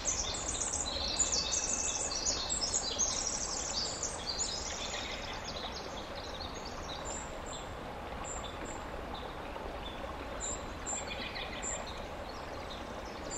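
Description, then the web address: Winter wren singing a long, high, bubbling run of fast trills for about five seconds, then quieter scattered high notes against constant hiss. "ear jh-060319 wwren"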